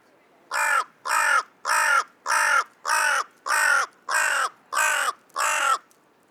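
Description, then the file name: Carrion crow giving a series of nine harsh, hoarse caws in steady rhythm, each about half a second long, with a quiet background. "Corvus corone"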